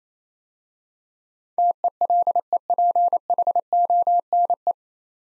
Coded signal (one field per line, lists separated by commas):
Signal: Morse code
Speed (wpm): 29 wpm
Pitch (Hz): 700 Hz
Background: none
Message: TELEPHONE